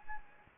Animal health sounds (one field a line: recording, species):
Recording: mosquito wingbeat signal from an infrared sensor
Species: Anopheles gambiae